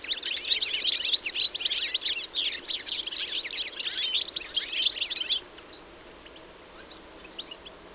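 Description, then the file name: European goldfinch chattering, thick tinkling twitters for about five seconds, then an abrupt stop apart from a stray note or two, leaving faint background hiss. "Carduelis carduelis"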